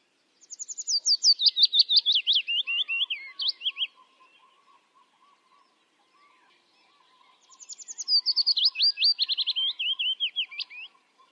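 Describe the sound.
Bird song: two rapid bursts of high, slurred whistled notes that descend through each phrase, separated by a quiet gap with a faint low hum.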